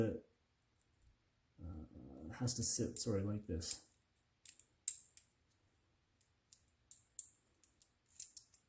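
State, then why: Seated. Someone talks while reassembling a Ruger 10/22 LR Tactical Edition rifle, working a metal internal spring or guide part into the rifle action. Several sharp metallic clicks follow, the loudest at 4.9 s, when the part is seated in position.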